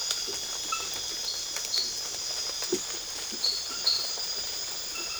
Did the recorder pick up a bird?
no